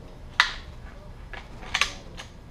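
A Barnett Recruit crossbow is cocked with a rope cocking aid, its string pulled back until it catches in the trigger latch with a sharp, loud click at 0.4 s. Fainter clicks and taps follow around 1.3, 1.8 and 2.2 s. The string is seated in the latch.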